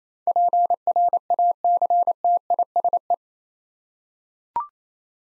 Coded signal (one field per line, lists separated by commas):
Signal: Morse code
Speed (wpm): 27 wpm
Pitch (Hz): 700 Hz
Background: none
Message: PRACTISE